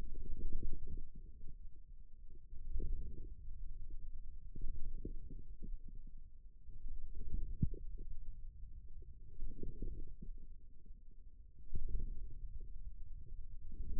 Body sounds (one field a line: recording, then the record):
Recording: forearm muscle sounds (acoustic myography)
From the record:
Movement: radial deviation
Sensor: system 2, bracelet of six BSWA MPA416 microphones around the upper forearm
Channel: 4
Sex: male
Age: 22 years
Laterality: right